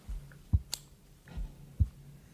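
A few faint, irregular clicks and soft metallic snips of surgical scissors closing during an operation, with one sharper, brighter click among duller taps and no voices.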